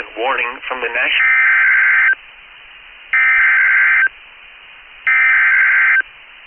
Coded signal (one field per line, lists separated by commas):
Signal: Emergency Alert System (SAME) tones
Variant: header bursts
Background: speech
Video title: Severe Thunderstorm Warning for Boulder Creek CA on Mar 12th 2025 with EAS